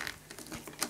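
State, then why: Not seated. A hose connector with two squeeze tabs on a Shark NV350 Lift-Away bagless upright vacuum cleaner is being pushed into the vacuum body. Short plastic taps and handling knocks are heard, with the sharpest at about 0.8 s. Nothing has seated or clicked yet.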